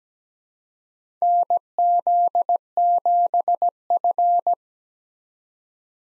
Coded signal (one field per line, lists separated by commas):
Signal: Morse code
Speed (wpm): 17 wpm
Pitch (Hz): 700 Hz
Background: none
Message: NZ7F